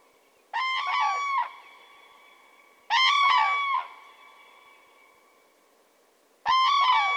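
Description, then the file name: Common crane uttering three loud, resonant bugling calls with wavering pitch and lingering tails, separated by quiet gaps. "grus grus"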